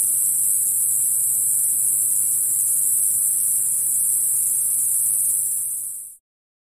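Cicada giving a steady, very high continuous buzz that holds unbroken before cutting off near the end, over a faint low hum.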